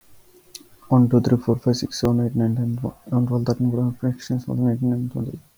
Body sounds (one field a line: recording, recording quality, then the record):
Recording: counting at a fast pace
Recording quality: moderate, slight background noise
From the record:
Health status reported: healthy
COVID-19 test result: negative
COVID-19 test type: RT-PCR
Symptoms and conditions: cold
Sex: male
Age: 20 years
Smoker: no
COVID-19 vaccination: both doses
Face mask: worn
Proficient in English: yes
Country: India